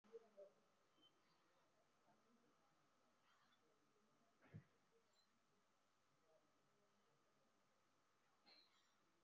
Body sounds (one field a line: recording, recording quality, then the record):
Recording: shallow breathing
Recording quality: moderate, slight background noise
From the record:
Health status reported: respiratory illness, not identified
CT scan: taken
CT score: 0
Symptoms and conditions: cough, cold, pneumonia, hypertension, diabetes, another condition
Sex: female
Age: 68 years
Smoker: no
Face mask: not worn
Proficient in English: no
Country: India